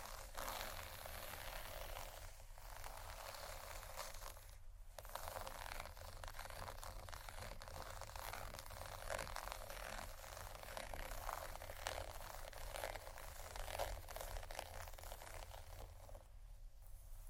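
Soft scratching and tapping on cardboard, with dense, fast crackly strokes that run almost without pause across the whole stretch. Brief quieter gaps come near five seconds and again toward the end, and a steady low hum sits underneath throughout.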